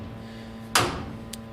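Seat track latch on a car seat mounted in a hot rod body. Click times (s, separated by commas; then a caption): 0.8 s. A latch on the seat track of a mocked-up front seat in a 1929 Model A hot rod locks the seat into position at 0.8 s, producing a sharp, loud metallic clunk that rings down briefly. A low steady hum runs underneath, and a faint short tick follows at 1.3 s.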